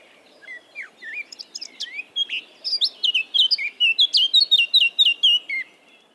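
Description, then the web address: Eurasian blackcap song: scratchy warbling opening into a run of clear, repeated whistled notes that grow louder toward the end. "SETE Sylvia atricapilla"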